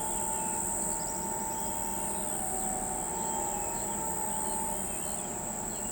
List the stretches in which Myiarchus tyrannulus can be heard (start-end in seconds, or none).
0.81-1.88